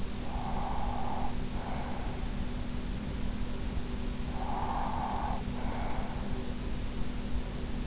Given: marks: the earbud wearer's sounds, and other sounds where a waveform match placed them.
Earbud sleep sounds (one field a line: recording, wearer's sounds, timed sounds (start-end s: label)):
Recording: sounds in sleep by an in-ear microphone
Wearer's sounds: breath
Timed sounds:
0.00-2.84 s: breath
3.97-6.71 s: breath